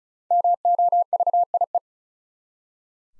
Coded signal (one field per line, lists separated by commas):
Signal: Morse code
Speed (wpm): 36 wpm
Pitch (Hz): 700 Hz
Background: none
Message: MOVIE